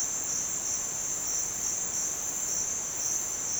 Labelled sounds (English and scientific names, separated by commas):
none